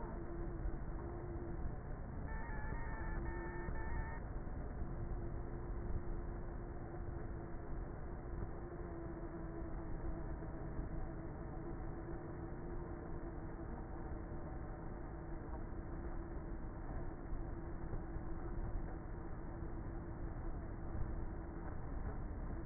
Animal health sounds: honeybee colony, microphone inside the hive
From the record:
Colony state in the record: queenless with a low population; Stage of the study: before two queens were removed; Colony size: about 30,000 bees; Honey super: no

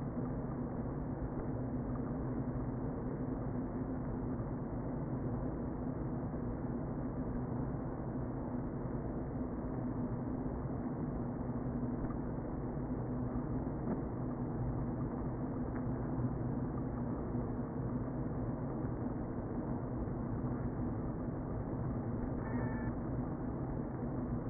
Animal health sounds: honeybee colony, microphone inside the hive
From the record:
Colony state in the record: queen present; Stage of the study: before two queens were removed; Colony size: about 60,000 bees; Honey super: yes

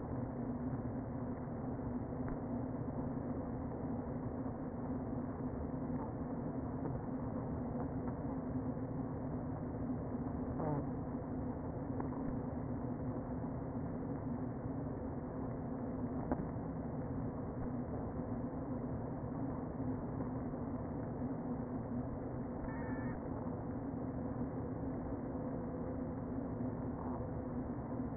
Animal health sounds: honeybee colony, microphone inside the hive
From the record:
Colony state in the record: queen present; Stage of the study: before two queens were removed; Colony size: about 60,000 bees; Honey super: yes

